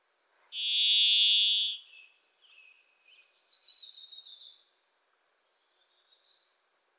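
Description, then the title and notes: Varied thrush song: one sustained, buzzy, whistled note of about a second. A Wilson's warbler's rapid chattering trill follows, then softer high notes. Wild bird singing, hard to locate, from deep within Pacific Northwest forest with a reverberant voice likened to 'Listen. Listen. Listen.'; a Wilson's Warbler sings alongside. "The Varied Thrush, Ixoreus naevius, is a wisp in the forests of the Pacific Northwest."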